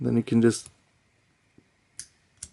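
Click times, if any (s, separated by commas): 2.0 s, 2.4 s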